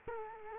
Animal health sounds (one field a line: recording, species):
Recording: mosquito wingbeat signal from an infrared sensor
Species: Culex quinquefasciatus